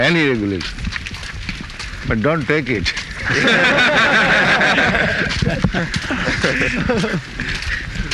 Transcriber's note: laughs